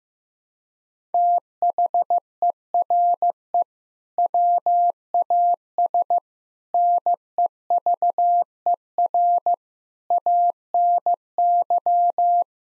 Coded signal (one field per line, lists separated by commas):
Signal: Morse code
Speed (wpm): 15 wpm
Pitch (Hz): 700 Hz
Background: none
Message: THERE WAS NEVER ANY